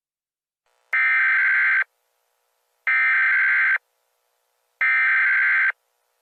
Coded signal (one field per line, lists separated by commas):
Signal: Emergency Alert System (SAME) tones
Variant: header bursts